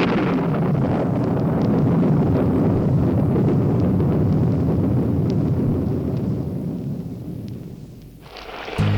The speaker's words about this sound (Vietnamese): À, mưa to quá.